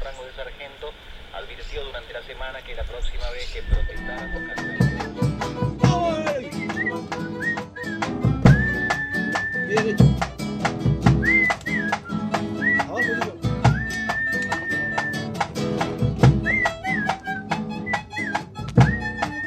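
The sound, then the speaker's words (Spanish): A person whistles a tune on the radio in steady, high held notes with quick upward slides, playing over busy rhythmic music with sharp percussive hits, following a few seconds of denser murky sound. “El silbido en la radio que siempre está.”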